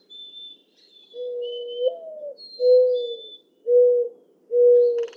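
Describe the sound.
Mourning dove song: faint coo, then a drawn-out rising coo and three mellow, level hoots; high thin whistles from other birds in the background.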